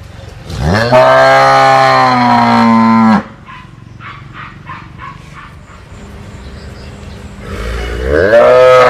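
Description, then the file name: Cattle: cow mooing: a long drawn-out bellow of nearly three seconds, a quiet pause with faint hum, then another moo starting with a rising swoop. "Tieng bo rong"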